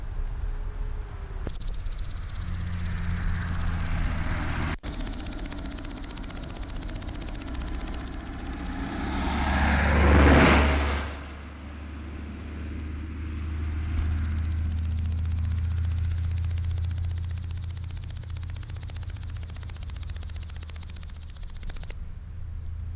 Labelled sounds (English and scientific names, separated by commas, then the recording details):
Common Green Grasshopper (Omocestus viridulus) stridulation
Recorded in the wild
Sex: pair
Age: imago
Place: Lienen, Nordrhein-Westfalen, DE
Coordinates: 52.145, 7.974
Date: 1991-09-21 10:58
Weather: am Gras 18,1 °C, in der Sonne 29,8 °C
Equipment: Marantz, Sennheiser ME 80, Kopie Tesla B 116
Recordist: Tembrock, Günter